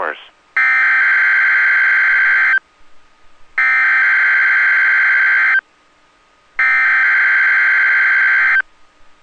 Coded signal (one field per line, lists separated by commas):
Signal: Emergency Alert System (SAME) tones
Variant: header bursts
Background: speech